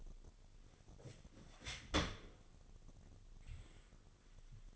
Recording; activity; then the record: daily activity, microphone in the room; open dishwasher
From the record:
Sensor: 4